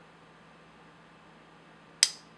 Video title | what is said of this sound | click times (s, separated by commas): R.J. Martin Custom S110V | when you close the blade I I love that sound it's just a nice reassuring click | 2.0 s